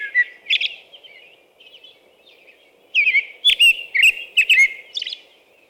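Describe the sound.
American robin song: clear caroling whistled phrases, a few early notes then a rich burst of phrases with high squeaky overtones, over a faint low hum.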